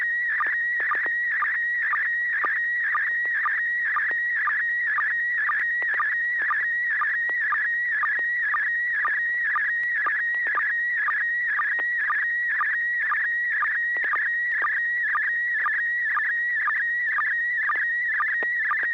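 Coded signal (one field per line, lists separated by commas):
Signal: SSTV (slow-scan television)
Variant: PD120 mode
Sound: warbling, chirping tone scanning steadily, with short low blips about twice a second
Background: low mains hum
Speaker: i have a picture i'd like to send it in pd120 it's got some fine detail in it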